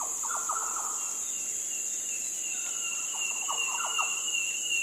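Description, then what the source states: Yellow oriole song, a few mellow fluty notes in short bursts while a thin drawn-out whistle and a shrill insect buzz run steadily beneath. More than one yellow oriole, giving fluty sounds.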